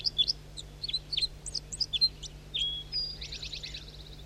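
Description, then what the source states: Red crossbill calls, quick sharp chips and kips followed by a whistled note and a buzzy trill near the end, with a low steady hum beneath. Two males; one singing while another joins it in flight.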